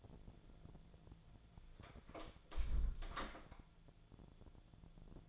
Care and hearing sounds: daily activity, microphone in the room; close door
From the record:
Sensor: 5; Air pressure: 1000.5 hPa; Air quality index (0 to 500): 154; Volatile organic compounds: 2 ppm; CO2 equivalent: 1183 ppm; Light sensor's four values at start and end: 50/118/49/53 and 50/118/49/53

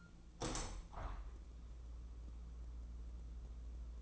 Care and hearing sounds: daily activity, microphone in the room; open window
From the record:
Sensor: 1

